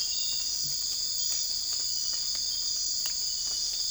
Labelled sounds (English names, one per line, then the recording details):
none
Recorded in secondary vegetation near Puerto Asís, Putumayo, Colombia, on 20 December 2024 at 01:30
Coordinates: 0.484, -76.319
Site GP06